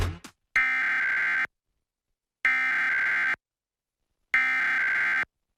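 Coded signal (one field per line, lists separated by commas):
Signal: Emergency Alert System (SAME) tones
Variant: header bursts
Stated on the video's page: Required Monthly Test of the Emergency Alert System as received on Salt Lake City television stations.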